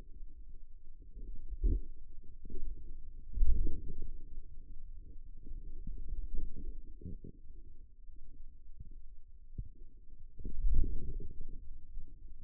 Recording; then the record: forearm muscle sounds (acoustic myography)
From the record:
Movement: wrist extension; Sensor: system 2, bracelet of six BSWA MPA416 microphones around the upper forearm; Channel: 6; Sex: male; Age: 22 years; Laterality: right